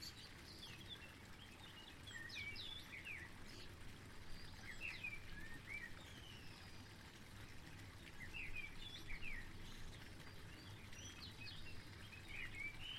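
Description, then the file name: Bird calls in quick chirps and slurred whistles, clustered at several points, with constant flowing water beneath. Birds recorded together with water sounds. "Vogel und Wasser"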